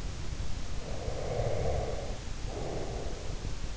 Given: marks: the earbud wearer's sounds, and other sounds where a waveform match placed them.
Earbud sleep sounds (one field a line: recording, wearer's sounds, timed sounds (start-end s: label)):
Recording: sounds in sleep by an in-ear microphone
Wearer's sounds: breath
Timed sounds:
0.67-3.20 s: breath